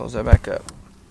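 Someone talks while handling the small plastic SD card slot cover on a BlackVue DR900S-2CH 4K dashcam body, closing it after the memory card has been inserted. The cover has not snapped shut yet, and nothing has seated or clicked.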